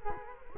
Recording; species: mosquito wingbeat signal from an infrared sensor; Culex quinquefasciatus